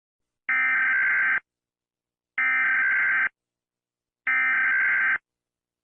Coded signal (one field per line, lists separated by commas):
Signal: Emergency Alert System (SAME) tones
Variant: header bursts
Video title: My second eas vid :D